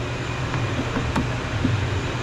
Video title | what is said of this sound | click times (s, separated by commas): 2020 Dodge Journey how to take off the mirror the door handle and the door trim panel | snap right in now | 1.2 s